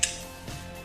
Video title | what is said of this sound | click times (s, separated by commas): HowTo: Installing SMR handguard to LDT416 Gel Blaster | and should click in place. | 0.0 s